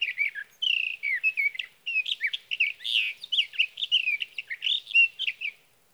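Sage thrasher warbling, a fast string of high whistled and slurred notes.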